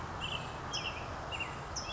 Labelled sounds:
California Towhee (Melozone crissalis)
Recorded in Sonoma County, California

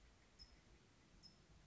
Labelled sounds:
California Towhee (Melozone crissalis)
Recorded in Sonoma County, California

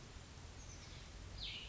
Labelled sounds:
Cassin's Vireo (Vireo cassinii)
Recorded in Sonoma County, California

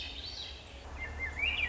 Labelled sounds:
Swainson's Thrush (Catharus ustulatus)
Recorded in Sonoma County, California

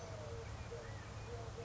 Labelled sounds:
California Quail (Callipepla californica)
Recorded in Sonoma County, California

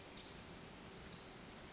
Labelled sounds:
Pacific Wren (Troglodytes pacificus)
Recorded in Sonoma County, California

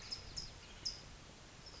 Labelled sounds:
California Towhee (Melozone crissalis)
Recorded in Sonoma County, California

